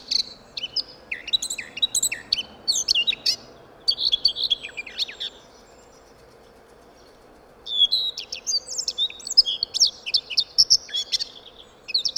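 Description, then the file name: Eurasian blackcap song: two bursts of rapid scratchy warbling with high whistles, separated by a quiet gap, over a low background hiss and hum. "Sylvia atricapilla"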